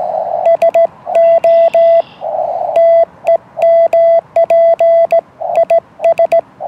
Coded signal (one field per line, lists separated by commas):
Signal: Morse code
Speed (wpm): 17 wpm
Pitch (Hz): 670 Hz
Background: none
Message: SO TEMP IS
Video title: K8ZAA QSO with N9SAB VE3FAL Linked Dipole and YouKits 40m Rig